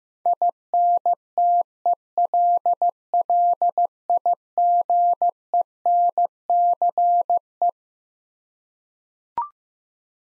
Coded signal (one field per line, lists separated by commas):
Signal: Morse code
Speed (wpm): 15 wpm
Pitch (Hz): 700 Hz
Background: none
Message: INTELLIGENCE